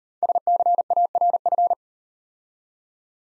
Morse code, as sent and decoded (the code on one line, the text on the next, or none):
... -.-. .- .-. ..-.
SCARF